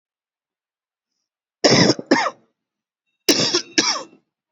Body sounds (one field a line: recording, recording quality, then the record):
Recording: shallow voluntary cough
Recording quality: excellent, no background noise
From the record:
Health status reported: COVID-19 positive, moderate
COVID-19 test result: positive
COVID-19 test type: RT-PCR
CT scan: not taken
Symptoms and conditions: breathing difficulty, fever, loss of smell and taste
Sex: male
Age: 38 years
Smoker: no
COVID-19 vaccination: none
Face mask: worn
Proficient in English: yes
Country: India